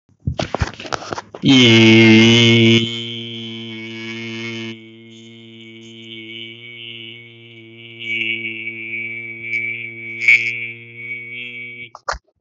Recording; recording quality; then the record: sustained vowel as in beet; excellent, no background noise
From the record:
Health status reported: healthy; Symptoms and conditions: cough, cold, loss of smell and taste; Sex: male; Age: 28 years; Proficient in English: yes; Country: India